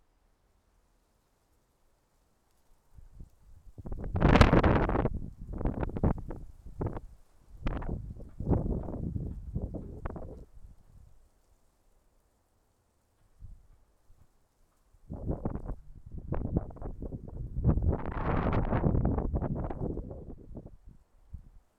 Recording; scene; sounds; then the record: everyday scene through a hearing-aid microphone; wind on the microphone; wind, traffic, birds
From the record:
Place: suburban garden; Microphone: behind the ear, left, front